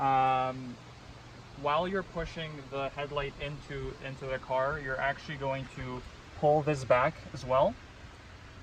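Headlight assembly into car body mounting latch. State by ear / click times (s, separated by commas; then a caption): not seated / none. On a Porsche Cayman 981, a headlight assembly is pushed along its guides into the car body while its release is pulled back, with the car body's mounting latch still to catch it. Someone talks throughout over a steady low background noise. Nothing has seated or clicked yet.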